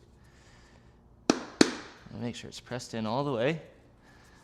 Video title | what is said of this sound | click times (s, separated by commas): How To: Fuel Filter Change 2024 GMC 3500 AT4 HD 6.6L Duramax | So you heard that click. You want that nice positive click. | 1.3 s, 1.6 s